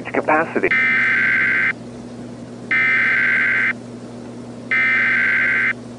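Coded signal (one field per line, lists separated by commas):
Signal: Emergency Alert System (SAME) tones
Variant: header bursts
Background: speech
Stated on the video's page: Fictional EAS scenario; the alert is simulated.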